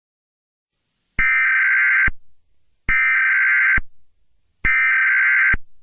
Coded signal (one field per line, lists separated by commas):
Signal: Emergency Alert System (SAME) tones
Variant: header bursts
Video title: EAS Scenario #22: Mickey Error 1 The Next Chapter